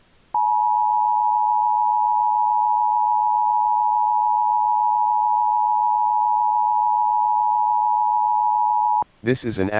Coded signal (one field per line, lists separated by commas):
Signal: Emergency Alert System (SAME) tones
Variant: 853 and 960 Hz attention tone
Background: speech